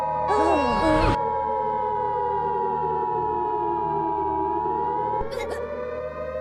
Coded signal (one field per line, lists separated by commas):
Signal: Emergency Alert System (SAME) tones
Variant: 853 and 960 Hz attention tone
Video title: Minions react to EAS Scenario: Sky net (Analog Horror)